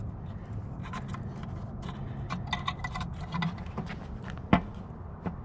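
A wiring connector is pushed one-handed back onto a new Lasfit LED headlight bulb behind the headlight housing of a 2012 BMW S1000RR motorcycle. Several small handling taps come first, and then a sharp click at 4.5 s as it is pushed all the way in. The connector is seated.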